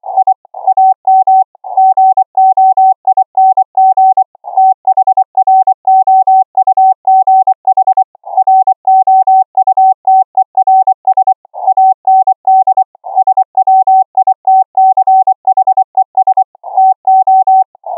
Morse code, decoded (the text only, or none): I AM GOING THROUGH ROUTERS AND SWITCHES TO